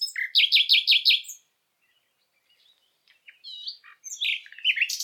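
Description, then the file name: Common nightingale song opening with a fast run of repeated sharp notes, then a quiet gap and a few thin notes, ending in mixed chirps and trills. "Luscinia megarhynchos"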